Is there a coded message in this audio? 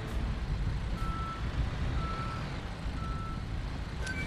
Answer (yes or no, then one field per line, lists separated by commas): no